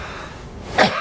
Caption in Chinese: 出寒痰的时候咳的声音往往是比较清亮比较短促的。 往往是御寒加重的。 病程是一个月左右。